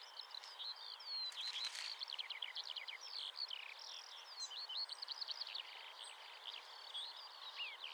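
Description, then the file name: Common chaffinch: a busy run of short high chirps and quick downward-sweeping notes, almost continuous, over a soft steady background hiss. "Fringilla coelebs"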